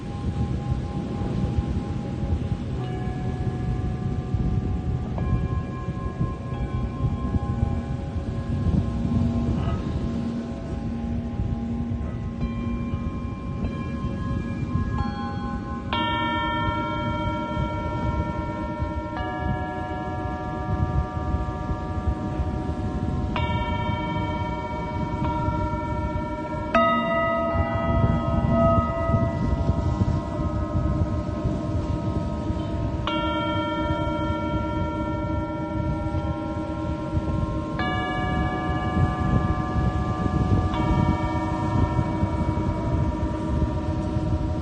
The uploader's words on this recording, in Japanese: メキシコから シンギングボウルのサウンドヒーリング ライブ。